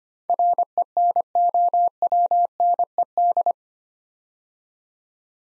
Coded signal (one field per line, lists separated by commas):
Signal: Morse code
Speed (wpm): 25 wpm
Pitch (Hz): 700 Hz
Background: none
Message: RENOWNED